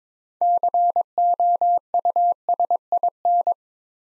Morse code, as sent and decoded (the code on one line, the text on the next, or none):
-.-. --- ..- ... .. -.
COUSIN